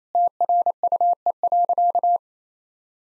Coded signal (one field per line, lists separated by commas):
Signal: Morse code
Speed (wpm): 28 wpm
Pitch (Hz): 700 Hz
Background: none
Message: TRUE.